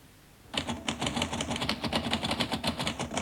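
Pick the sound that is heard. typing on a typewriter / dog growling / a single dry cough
typing on a typewriter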